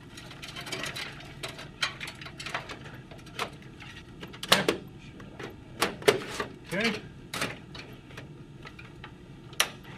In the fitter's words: Okay. Locks in place.